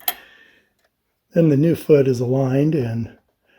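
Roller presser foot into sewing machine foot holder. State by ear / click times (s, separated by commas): not seated / none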